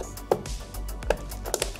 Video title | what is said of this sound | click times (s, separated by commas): Upgrading my Lian Li 011 PCMR build - stream highlights | hey satisfying click i'll be quiet it | 0.3 s, 1.1 s, 1.5 s, 1.6 s